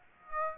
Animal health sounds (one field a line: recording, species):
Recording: mosquito wingbeat signal from an infrared sensor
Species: Aedes aegypti